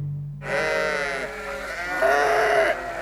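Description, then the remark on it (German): A sheep bleats in one long, wavering cry lasting nearly three seconds, loud and harmonic-rich, rising in strength toward the end before cutting off. “Sie könnten die Schafe zur Tarnung hergebracht haben.”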